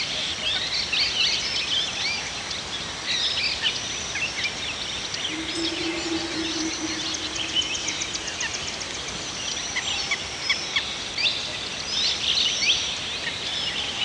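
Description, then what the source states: Birds singing in a dense chorus of high chirps and short whistles that overlap throughout, with a low steady hum midway. Several birds singing in a forest.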